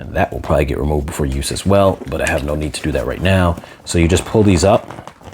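Someone talks while handling an Aputure Amaran Light Dome 60, a 2 ft (60 cm) circular Bowens-mount quick-release softbox, starting to pull its support rods up into the speed-ring hub so they lock into place. Only speech is heard, with a faint tap near the very end. The clip ends before any rod seats, so nothing has locked or clicked yet.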